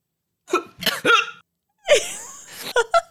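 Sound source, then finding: Man. Cough after aspirating water.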